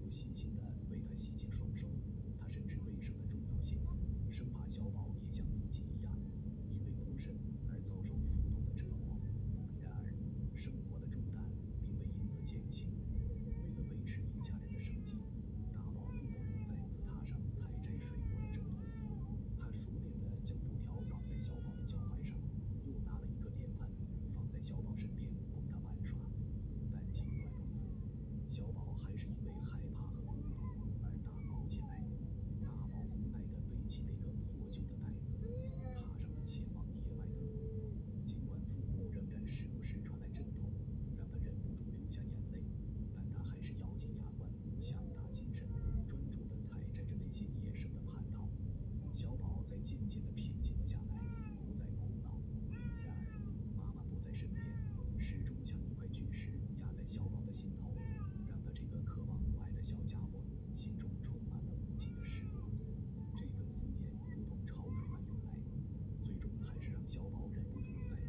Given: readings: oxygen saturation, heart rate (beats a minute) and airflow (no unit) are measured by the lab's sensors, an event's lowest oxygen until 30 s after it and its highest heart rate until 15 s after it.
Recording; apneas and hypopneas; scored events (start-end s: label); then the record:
a person awake in a sleep study, by a smartphone at the bedside; none
0.00-68.29 s: awake
From the record:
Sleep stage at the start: awake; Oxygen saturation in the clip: 94 to 96%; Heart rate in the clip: 64 to 71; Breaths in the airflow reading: 14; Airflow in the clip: -3.6 to 4.8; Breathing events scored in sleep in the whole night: 131 in 7.2 hours asleep